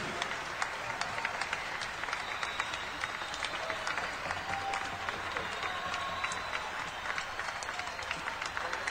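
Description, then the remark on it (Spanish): A large audience applauds the Orquesta Sinfónica de Mendoza steadily, dense overlapping claps forming a continuous crackling wash that holds at an even, fairly loud level throughout, with a faint murmur of voices beneath. “Y el gran aplauso se lo lleva la Orquesta Sinfónica de Mendoza.”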